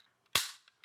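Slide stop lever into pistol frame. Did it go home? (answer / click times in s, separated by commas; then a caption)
yes / 0.4 s. During reassembly of an H&K 45C compact pistol, the slide stop lever is pressed firmly through the frame and slide and seats with a sharp, loud snap at 0.4 s. Two faint ticks follow at about 0.7 s and 0.8 s, and the lever is locked back in.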